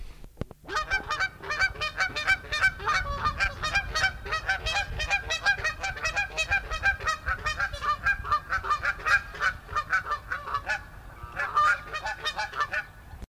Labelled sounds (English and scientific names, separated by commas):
Canada Goose (Branta canadensis) call